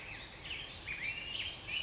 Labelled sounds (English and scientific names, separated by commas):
Black-headed Grosbeak (Pheucticus melanocephalus)